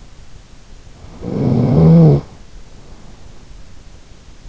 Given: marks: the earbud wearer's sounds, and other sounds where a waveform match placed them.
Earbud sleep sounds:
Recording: sounds in sleep by an in-ear microphone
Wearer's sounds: snoring breath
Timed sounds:
0.95-3.84 s: snoring breath

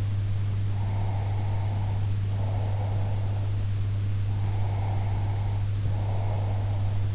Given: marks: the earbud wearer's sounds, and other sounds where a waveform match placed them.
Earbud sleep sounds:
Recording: sounds in sleep by an in-ear microphone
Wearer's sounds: breath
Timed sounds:
0.73-3.50 s: breath
4.33-7.07 s: breath

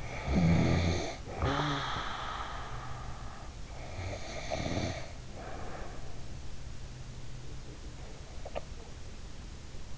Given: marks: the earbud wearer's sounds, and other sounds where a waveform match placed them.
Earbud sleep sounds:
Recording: sounds in sleep by an in-ear microphone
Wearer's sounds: snoring breath, teeth grinding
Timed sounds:
0.00-3.63 s: snoring breath
3.79-6.57 s: snoring breath
8.44-8.68 s: teeth grinding

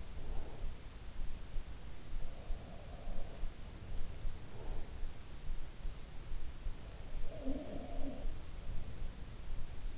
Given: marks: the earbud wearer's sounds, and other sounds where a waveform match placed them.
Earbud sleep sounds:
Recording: sounds in sleep by an in-ear microphone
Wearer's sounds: breath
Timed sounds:
0.00-0.76 s: breath
2.04-4.17 s: sound from someone else or the room
4.37-4.94 s: breath
7.05-8.43 s: sound from someone else or the room

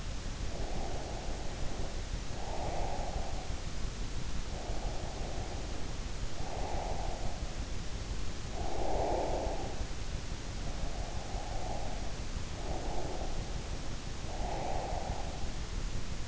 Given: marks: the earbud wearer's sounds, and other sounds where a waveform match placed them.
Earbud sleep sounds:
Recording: sounds in sleep by an in-ear microphone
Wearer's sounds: breath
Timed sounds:
0.47-3.65 s: breath
4.46-7.58 s: breath
8.55-10.04 s: breath
10.56-14.04 s: breath
14.24-15.63 s: breath

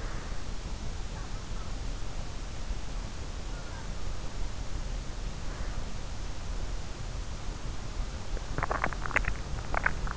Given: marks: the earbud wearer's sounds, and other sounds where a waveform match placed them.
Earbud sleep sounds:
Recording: sounds in sleep by an in-ear microphone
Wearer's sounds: breath, teeth grinding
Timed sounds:
0.00-0.77 s: breath
8.43-10.17 s: teeth grinding

